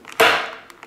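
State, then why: Released. The plastic sleeve of a spring-loaded glass-break punch on a car escape multi-tool is pressed against cardboard until its internal spring latch releases with a loud, sharp click at 0.2 s, followed by a bright ringing decay. The release drives a small metal spike forward and pokes a hole in the cardboard. Faint small ticks are heard before and after.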